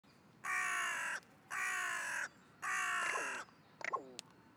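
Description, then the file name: Carrion crow calling with three harsh, drawn-out caws spaced about a second apart, then a few brief clicking and knocking notes at the end. "Corvus corone"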